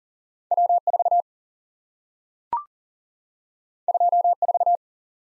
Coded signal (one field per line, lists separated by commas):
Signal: Morse code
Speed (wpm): 38 wpm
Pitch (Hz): 700 Hz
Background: none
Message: W4 24